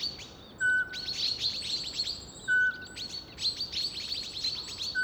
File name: Eurasian Pygmy Owl Hooting male being mobbed